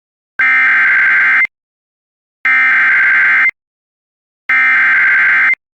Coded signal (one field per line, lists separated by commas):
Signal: Emergency Alert System (SAME) tones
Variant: header bursts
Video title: Overnight Alerts: EAS Alerts From 6/9/24 (EAS #2559-2569)